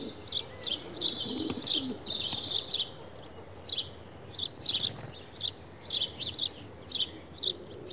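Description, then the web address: House sparrow chirping, an opening busy chatter followed by a steady series of single chirps, with a faint low coo in the background. "BBC Sound Effects Library. House Sparrow (Passer Domesticus)"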